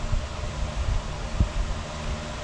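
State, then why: Not seated. An intake manifold runner control actuator is being lined up with the groove of the runner flap shaft before being pressed in. Steady broadband noise with low rumble and a brief low thump near 1.4 seconds is heard. Nothing has clicked or seated yet.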